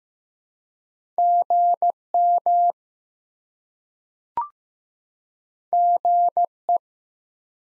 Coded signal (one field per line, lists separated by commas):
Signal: Morse code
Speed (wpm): 15 wpm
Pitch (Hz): 700 Hz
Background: none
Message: GM GE